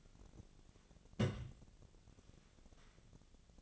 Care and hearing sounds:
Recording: daily activity, microphone in the room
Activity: place on stove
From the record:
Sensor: 4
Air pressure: 1000.8 hPa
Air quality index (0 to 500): 124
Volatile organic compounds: 1 ppm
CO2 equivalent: 936 ppm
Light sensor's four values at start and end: 45/111/47/52 and 44/108/46/51

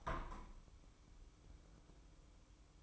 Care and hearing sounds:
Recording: daily activity, microphone in the room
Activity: open window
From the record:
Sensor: 1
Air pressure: 1014.9 hPa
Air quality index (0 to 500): 38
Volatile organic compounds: 1 ppm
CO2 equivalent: 585 ppm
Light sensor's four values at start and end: 10/25/10/11 and 11/26/10/11

